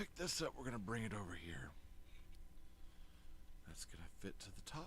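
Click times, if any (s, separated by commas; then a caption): none. A plastic brick piece is picked up, brought over to a brick model and lined up before being pressed onto the top, with someone talking at the start and end and quieter handling sounds in between. Nothing has seated or clicked into place yet.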